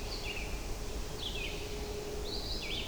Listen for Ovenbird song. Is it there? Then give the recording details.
no. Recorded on 25 June 2016 at 07:21. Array SBT-6-76